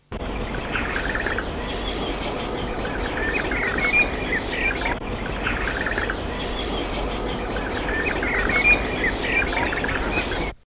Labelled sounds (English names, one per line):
Southern Screamer call